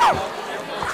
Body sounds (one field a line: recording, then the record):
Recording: coughing mixed with background sound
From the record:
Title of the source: Heavy cold and sore throat coughing.